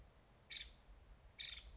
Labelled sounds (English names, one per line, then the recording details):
Nuttall's Woodpecker
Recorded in Sonoma County, California